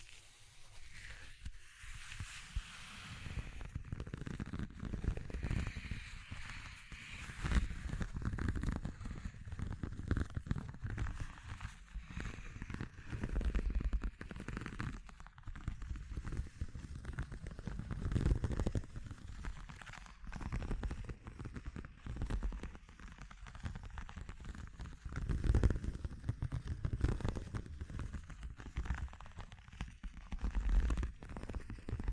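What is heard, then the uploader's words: A dense, restless sound texture built from deep rumbling and thick crackle that keeps surging and easing for the whole half minute. A brighter hiss colors the first few seconds, and sharper pops stand out near 8, 18, 25 and 31 seconds. ASMR Exploring Textures (No Talking).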